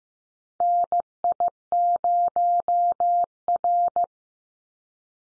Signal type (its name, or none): Morse code